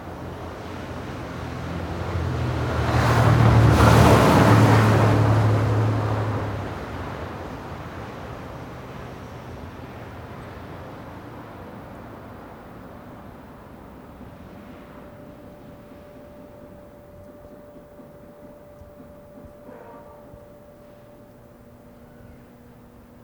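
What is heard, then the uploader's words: A car passes early on, swelling to a loud rumble and hiss around four to six seconds, then fading away. Afterward the street settles into a quiet, low murmur, with a faint steady hum appearing from about thirteen seconds and a few soft ticks near twenty. This audio of NE Minneapolis was recorded. Between 7:45 and 8:15 PM. The neighborhood is pretty quiet, perhaps due to a snow earlier in the day. There are two vantage points in the recording: the first with me closer to a vent and the second with me further away.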